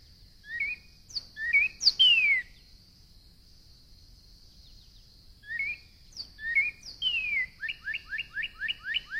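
Northern cardinal song with two phrases of whistled upslurs and a long falling slur, the second ending in a fast run of repeated whistled notes.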